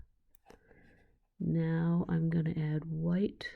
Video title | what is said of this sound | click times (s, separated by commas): Beaded Enamel Necklace | Pull till it snaps into place. | 0.4 s